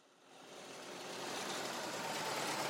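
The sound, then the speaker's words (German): A car engine idles with a steady, rough mechanical rumble that gradually swells in loudness as the vehicle arrives. No voices are heard. “Da ist der Wagen.”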